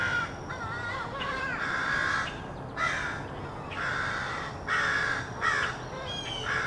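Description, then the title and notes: Crows cawing in short harsh bursts separated by brief pauses, over a low background rumble. Rowdy crows cawing loudly in treetops in an urban park just after sunrise, with morning traffic. "Field Recording: The Wild and Raucous Sounds of Crows Cawing in the Treetops. a field recording of rowdy crows loudly cawing in the treetops amidst the sounds of other birds -- and since this was recorded in an urban park -- also you may hear the sounds of morning traffic"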